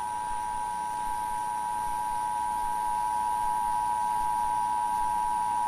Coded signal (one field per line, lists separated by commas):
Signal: Emergency Alert System (SAME) tones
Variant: 853 and 960 Hz attention tone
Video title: EAS Scenario - The Riots